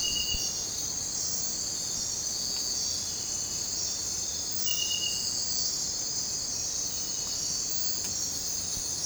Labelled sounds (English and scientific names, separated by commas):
none